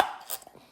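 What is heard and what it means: A cartridge-style oil filter element is pushed onto a plastic filter housing cap until a small retaining finger grabs it. After a loud opening sound fades, a sharp bright click at 0.3 s is followed by two faint taps around 0.4 and 0.5 s. The filter is seated and installed and will not come out.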